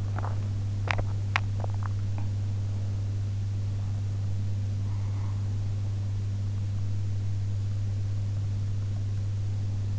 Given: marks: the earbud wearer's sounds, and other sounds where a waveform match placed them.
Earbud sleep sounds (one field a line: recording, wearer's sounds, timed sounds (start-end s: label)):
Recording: sounds in sleep by an in-ear microphone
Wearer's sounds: swallowing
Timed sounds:
0.00-2.29 s: swallowing